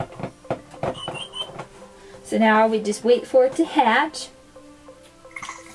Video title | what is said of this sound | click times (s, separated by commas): Little Live Pets Surprise Chick House Unboxing Toy Review with Exclusive Chick | so you set it down till it clicks and then there we go | 0.0 s